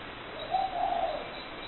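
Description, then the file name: Bird, one soft, low, coo-like note lasting under a second, heard over a steady background hiss. "what bird"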